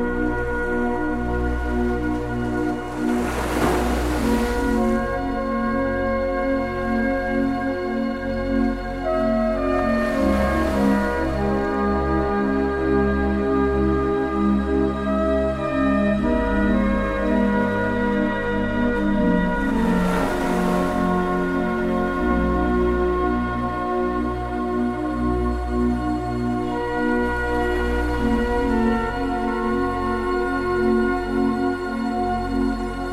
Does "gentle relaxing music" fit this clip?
yes